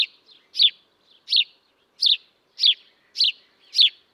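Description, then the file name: House sparrow chirping repeatedly, harsh descending notes about every 0.6 seconds with a few softer, shorter chips between them. "Passer domesticus"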